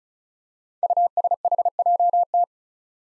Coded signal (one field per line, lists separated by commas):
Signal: Morse code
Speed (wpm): 36 wpm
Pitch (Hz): 700 Hz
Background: none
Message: USHJT